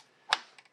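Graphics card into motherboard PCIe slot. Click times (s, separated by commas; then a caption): 0.3 s. A graphics card, angled and lined up with the slot notch, is pushed down into a motherboard PCIe slot until the latch clicks sharply at 0.3 s, followed by two faint ticks at about 0.6 s and 0.7 s. The card is confirmed seated in the slot.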